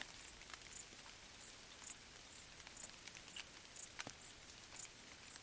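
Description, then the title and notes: Cricket chirping, short high-pitched pulses repeating about twice a second, with faint patter of rain drops scattered throughout. Crickets stridulating late at night in gentle summer rain on vegetation, along an abandoned railway track in Bad Boll, Baden-Württemberg; nearby village silent. "Crickets in gentle summer rain. Bad Boll, Baden-Württemberg. Recorded by Colin Hunter"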